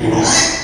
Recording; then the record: squeal of a Yucatan mini pig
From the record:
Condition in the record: before surgery on the right vocal fold (resection and tissue-engineered implant); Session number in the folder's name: 2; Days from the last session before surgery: 0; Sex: male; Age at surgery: 12 weeks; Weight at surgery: 13 kg